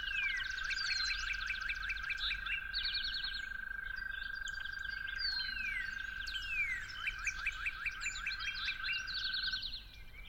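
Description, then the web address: Toad trill holds steady for most of the span, under busy bird song with fast repeated descending notes, then stops near the close. Toads calling at dawn. "musicofnature Toads at Dawn"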